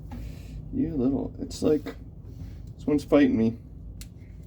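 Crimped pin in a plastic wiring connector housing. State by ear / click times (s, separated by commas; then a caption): seated / 4.0 s. Someone talks while working a stubborn crimped metal pin with a removal tool in a plastic wiring connector housing. A short, sharp click at 4.0 s is the pin snapping back into the housing, and it is seated again.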